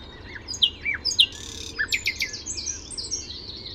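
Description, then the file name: Common nightingale song: a varied run of sharp high whistles and chirps with quick downslurred notes, a short buzzy burst, then further high whistled phrases. "Luscinia megarhynchos"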